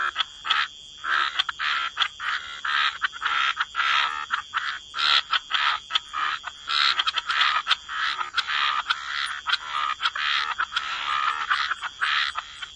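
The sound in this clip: Frogs croaking in a busy chorus, harsh buzzy notes in quick uneven bursts, some clustered tightly and others spaced, over a steady background hiss.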